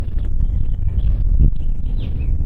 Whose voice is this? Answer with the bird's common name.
House Finch